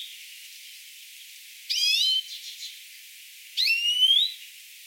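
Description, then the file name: European greenfinch giving a trilled rising call, then soft notes, then a long rising nasal wheeze. "Chloris chloris"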